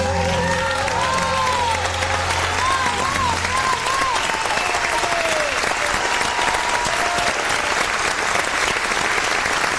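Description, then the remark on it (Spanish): People gathered outside on the street and sidewalk, listening to the radio show Encuentro Insólito, applaud with a steady, dense wash of clapping that fills about ten seconds at an even loudness, while the last notes of a tango song fade out during the first few seconds. “y se filtraron aquí algunos aplausos, algo así, si se le escapó a nuestra operadora, los aplausos de toda la gente que se queda acá en la calle, en la vereda, tratando de escuchar”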